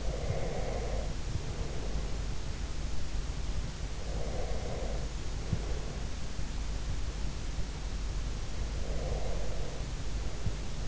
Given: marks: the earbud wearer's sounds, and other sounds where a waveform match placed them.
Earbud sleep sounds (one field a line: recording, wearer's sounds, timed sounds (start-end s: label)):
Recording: sounds in sleep by an in-ear microphone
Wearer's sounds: breath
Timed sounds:
0.00-2.50 s: breath
4.03-6.08 s: breath
8.74-10.88 s: breath